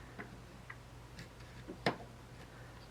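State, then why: Seated. A plastic hold-down cover piece is pressed back into the body of a Scotch ATG adhesive tape glider. A few faint ticks come first, then a soft click at 1.9 s shows the cover has seated and is locked in place.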